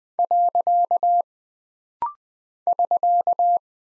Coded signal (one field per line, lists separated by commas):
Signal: Morse code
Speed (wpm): 20 wpm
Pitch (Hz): 700 Hz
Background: none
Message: . <SK>